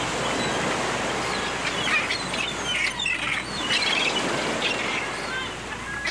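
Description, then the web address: Gulls calling, with several short, thin, high cries scattered over a steady roar of breaking surf. Recorded at the seashore with surf and waves. "bird seagull seagull and surf animal water ocean seashore waves"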